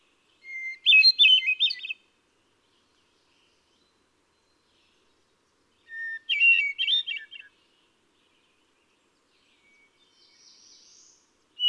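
Hermit thrush song, two separate phrases a few seconds apart, each a clear held whistle leading into quavering flutelike notes, then a faint sound and the start of another phrase.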